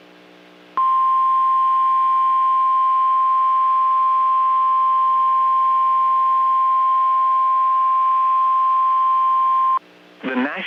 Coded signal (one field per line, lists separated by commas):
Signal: Emergency Alert System (SAME) tones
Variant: 1050 Hz attention tone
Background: speech